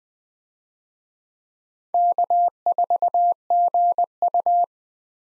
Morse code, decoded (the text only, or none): K4GU